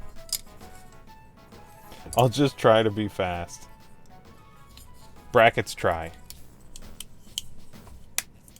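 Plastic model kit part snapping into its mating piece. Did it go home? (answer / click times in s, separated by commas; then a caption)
yes / 8.2 s. Plastic snap-fit pieces of a Jolteon model kit are pressed together while someone talks, with small clicks and taps throughout. One part snaps into its mating piece with a sharp, loud click at 8.2 seconds, seating it in place.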